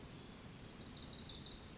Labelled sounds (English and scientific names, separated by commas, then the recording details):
Wilson's Warbler (Cardellina pusilla)
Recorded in Sonoma County, California